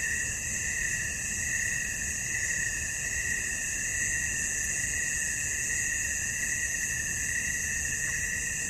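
Cricket song droning continuously at a high, even pitch, never pausing, over a soft low background rumble.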